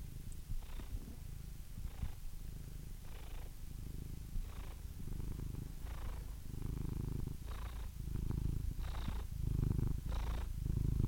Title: The Ultimate Compilation of Adorable Cat Meows 🐱😺 #CatMeows #CuteKittens